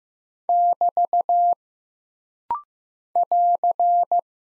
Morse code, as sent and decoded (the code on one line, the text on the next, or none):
-...- / .-.-.
<BT> <AR>